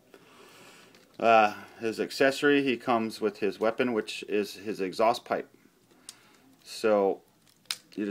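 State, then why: Released. Someone talks about a plastic toy figure while popping its exhaust-pipe weapon accessory off its little ball joint, releasing it with a sharp pop at 7.7 s.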